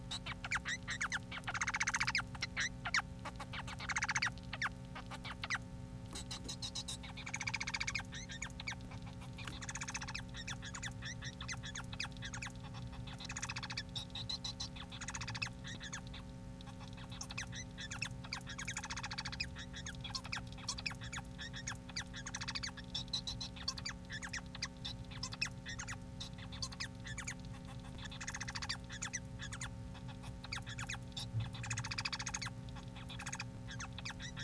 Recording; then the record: song of a male Bengalese finch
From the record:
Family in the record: son of father 4